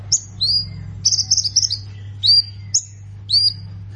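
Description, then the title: Plain prinia calling with a few sharp high chirps and a brief buzzy burst, spaced unevenly, above a steady low hum. "Ciblek Sawah"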